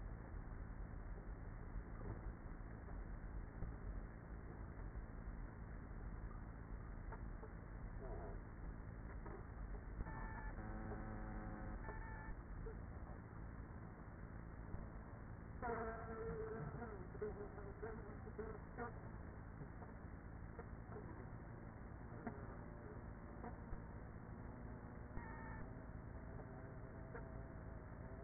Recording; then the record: honeybee colony, microphone inside the hive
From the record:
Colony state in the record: queenless with a low population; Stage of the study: after two queens were removed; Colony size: about 30,000 bees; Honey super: no